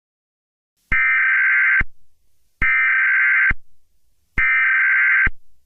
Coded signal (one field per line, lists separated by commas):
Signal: Emergency Alert System (SAME) tones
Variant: header bursts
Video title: EAS Alarm #3: Unikitty Attack